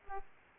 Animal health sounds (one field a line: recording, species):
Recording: mosquito wingbeat signal from an infrared sensor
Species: Aedes aegypti